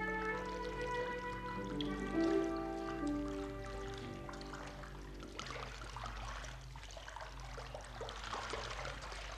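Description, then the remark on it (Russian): Water pours and rushes in, flooding with a steady hissing roar that swells in the second half, after sustained tonal notes ring through the first few seconds. No one speaks. “Нас, вода. Нас заливает.”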